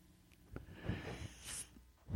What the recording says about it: A beautiful young son named Tony. A pug. He's currently in my armpit. He's snoring. I'm trying to get the mic to pick up his breaths. Wheezing.